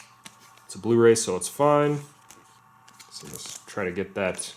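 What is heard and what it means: A Blu-ray disc that has come loose in its plastic case is handled as it is about to be pressed back onto the case's centre hub, while someone talks. Brief, faint handling sounds occur around 0.3, 2.3 and 2.9 seconds, but nothing has seated or clicked yet.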